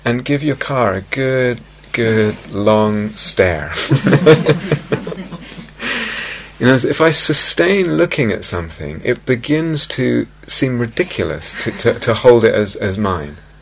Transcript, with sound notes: and give your car a good, good, long stare. [laughter] You know, if I sustain looking at something, it begins to seem ridiculous to hold it as mine.